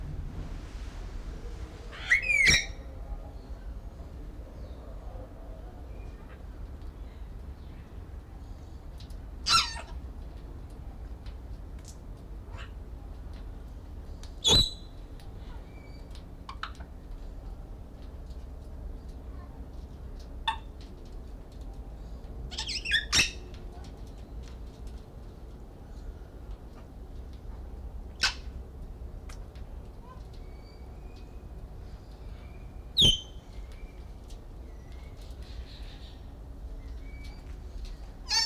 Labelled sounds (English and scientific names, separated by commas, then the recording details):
Grey Parrot (Psittacus erithacus) call
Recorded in captivity
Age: adult
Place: Zoo Berlin, Berlin, DE
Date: 1993-08-04 18:10
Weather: heiter,25 °C
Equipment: Marantz CP 430, Sennheiser ME 80, Kopie Uher Variocord 263
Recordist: Tembrock, Günter